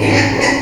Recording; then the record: squeal of a Yucatan mini pig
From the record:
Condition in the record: before surgery on the right vocal fold (resection and tissue-engineered implant); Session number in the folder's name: 2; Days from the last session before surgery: 0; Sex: male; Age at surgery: 12 weeks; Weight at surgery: 13 kg